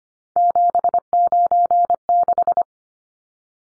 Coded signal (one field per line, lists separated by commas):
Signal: Morse code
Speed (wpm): 25 wpm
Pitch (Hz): 700 Hz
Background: none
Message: 796